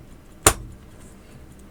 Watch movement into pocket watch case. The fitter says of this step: there we go so that's snapped in place the arm is on the outside so I can pull that out for setting the watch